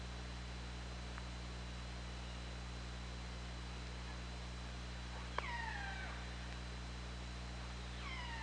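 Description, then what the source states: Orca calls, strong harmonic downsweeping calls after five seconds and again near eight seconds, over a steady low hum. OrcaLab hydrophone recording, 24 August 2017, 20:21:32.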